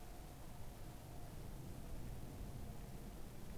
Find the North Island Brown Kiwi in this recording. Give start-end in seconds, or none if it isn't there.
none